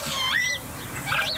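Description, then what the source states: Common Starling mimicking a lapwing: a wheezy, rising then swooping whistle, followed after a short pause by a second twisting note. Starling imitating a northern lapwing; recorded in a village, the bird having grown up in a town or village and learned its sounds there.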